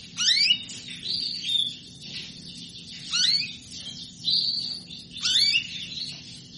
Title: Canto Para Esquentar Canário Belga. Suara burung kenari betina minta kawin